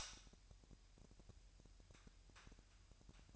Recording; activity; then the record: daily activity, microphone in the room; light on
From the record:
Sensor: 2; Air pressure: 1001.8 hPa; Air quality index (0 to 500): 240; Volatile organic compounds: 31 ppm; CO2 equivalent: 2972 ppm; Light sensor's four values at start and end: 4/10/4/4 and 9/24/10/9